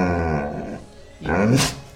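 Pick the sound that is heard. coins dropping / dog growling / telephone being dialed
dog growling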